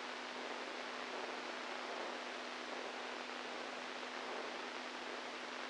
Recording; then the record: brain microelectrode recording played as sound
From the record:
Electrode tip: inside the subthalamic nucleus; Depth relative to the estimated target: 1 mm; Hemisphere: right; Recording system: NeuroSet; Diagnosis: Parkinson's disease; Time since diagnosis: 10 years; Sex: male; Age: 65 years